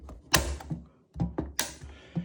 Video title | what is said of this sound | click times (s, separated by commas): SMRT BLUETOOTH 20 AMP PLUG LOAD RECEPTACLE CONTROLLER | we use a screwless faceplate that snaps into place. | 0.3 s, 1.6 s